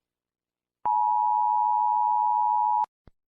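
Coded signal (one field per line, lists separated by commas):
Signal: Emergency Alert System (SAME) tones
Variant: 853 and 960 Hz attention tone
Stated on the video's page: Fictional EAS scenario about a drone phobia outbreak.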